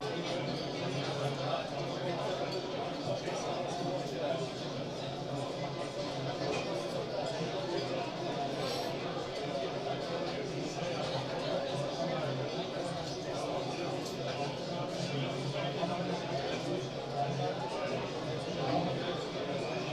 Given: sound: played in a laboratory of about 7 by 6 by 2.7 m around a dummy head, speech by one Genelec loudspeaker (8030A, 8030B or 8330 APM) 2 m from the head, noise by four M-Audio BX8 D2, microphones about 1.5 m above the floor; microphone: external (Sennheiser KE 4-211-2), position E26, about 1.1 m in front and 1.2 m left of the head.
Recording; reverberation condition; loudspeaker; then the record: cafeteria noise; low; four, about 170 cm from the corners of the room and facing them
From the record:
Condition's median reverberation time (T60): about 310 ms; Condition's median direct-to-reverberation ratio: about 3.5 dB